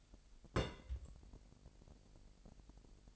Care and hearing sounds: daily activity, microphone in the room; place on stove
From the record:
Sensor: 5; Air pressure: 1002.1 hPa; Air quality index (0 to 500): 267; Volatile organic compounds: 14 ppm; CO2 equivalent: 2435 ppm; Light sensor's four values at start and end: 20/43/19/21 and 19/42/18/21

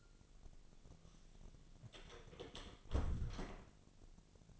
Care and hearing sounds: daily activity, microphone in the room; close door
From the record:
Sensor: 4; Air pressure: 1001.4 hPa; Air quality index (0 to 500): 185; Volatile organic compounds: 3 ppm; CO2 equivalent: 1322 ppm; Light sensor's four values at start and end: 15/33/14/14 and 16/38/15/16

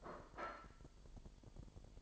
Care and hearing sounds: daily activity, microphone in the room; place plate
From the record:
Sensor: 5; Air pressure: 1002.1 hPa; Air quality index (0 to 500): 225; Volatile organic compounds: 28 ppm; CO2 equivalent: 2920 ppm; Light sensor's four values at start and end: 10/24/10/11 and 10/24/10/11

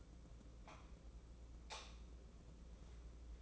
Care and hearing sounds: daily activity, microphone in the room; light on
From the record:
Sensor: 1

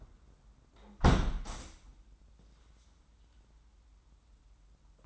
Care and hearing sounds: daily activity, microphone in the room; close window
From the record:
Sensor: 3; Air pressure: 994.4 hPa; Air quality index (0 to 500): 204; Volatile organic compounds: 1000 ppm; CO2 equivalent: 6813 ppm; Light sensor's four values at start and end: 98/233/94/88 and 102/243/98/92

